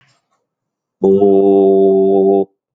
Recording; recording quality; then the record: sustained vowel as in boot; excellent, no background noise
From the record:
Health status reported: healthy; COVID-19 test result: not tested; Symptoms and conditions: cough, cold, sore throat, fever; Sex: male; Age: 52 years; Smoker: not ticked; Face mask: not worn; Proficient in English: yes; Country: India